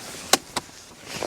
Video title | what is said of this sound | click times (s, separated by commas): 2020 Subaru BRZ Sport-tech RS - Baby seat installation | and then click it in. | 0.3 s